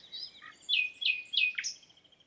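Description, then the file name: Common nightingale song: a short, varied phrase of soft twitter then three loud, sharp notes and a higher up-slurred whistle. "Luscinia megarhynchos"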